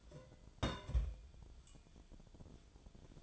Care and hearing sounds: daily activity, microphone in the room; place on stove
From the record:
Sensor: 5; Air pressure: 1010.0 hPa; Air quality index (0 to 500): 154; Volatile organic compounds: 3 ppm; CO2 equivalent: 1501 ppm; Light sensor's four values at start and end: 244/589/252/278 and 241/583/249/275

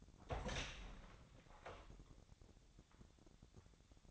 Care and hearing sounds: daily activity, microphone in the room; open door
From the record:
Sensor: 3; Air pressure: 1007.2 hPa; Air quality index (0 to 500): 200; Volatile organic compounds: 17 ppm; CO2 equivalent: 2565 ppm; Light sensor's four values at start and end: 12/28/12/12 and 12/29/12/12

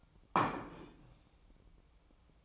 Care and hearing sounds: daily activity, microphone in the room; place plate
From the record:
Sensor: 1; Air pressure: 1007.6 hPa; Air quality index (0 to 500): 78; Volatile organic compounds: 1 ppm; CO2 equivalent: 674 ppm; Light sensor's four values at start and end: 9/21/8/9 and 9/21/8/9

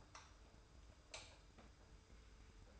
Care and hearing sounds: daily activity, microphone in the room; light off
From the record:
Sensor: 2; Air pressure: 990.9 hPa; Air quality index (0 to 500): 121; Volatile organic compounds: 89 ppm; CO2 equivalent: 3678 ppm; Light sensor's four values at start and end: 30/77/31/31 and 25/60/24/24

